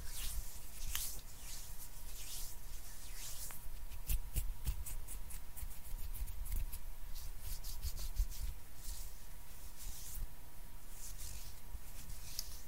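Intense hand sounds: dense, fast scratching and rubbing strokes, bright and crackly, continuing throughout with a steady low hum underneath.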